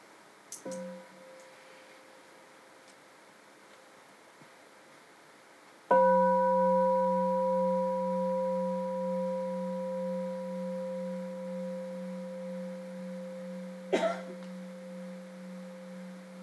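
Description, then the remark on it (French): A mindfulness bell is struck once with a deep, mellow tone that rings on and slowly fades for about ten seconds, after a faint short tap at the start and a click near the end. “Je vais attendre un son de cloche.”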